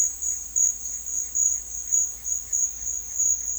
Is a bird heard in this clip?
yes